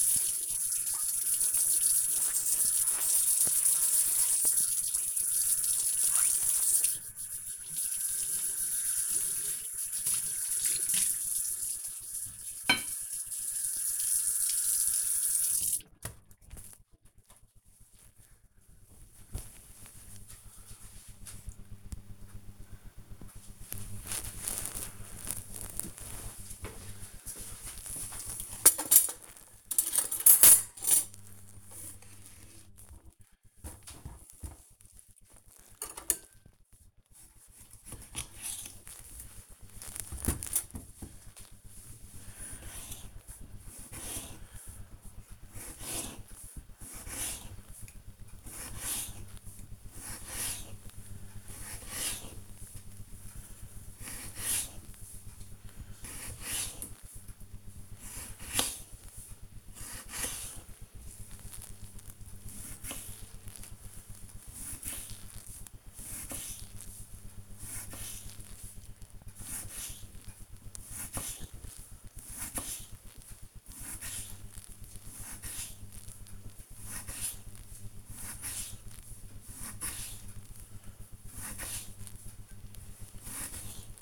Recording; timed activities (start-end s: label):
household activities, microphone on the right wrist
0.00-15.97 s: washing dishes
29.09-84.02 s: cutting vegetables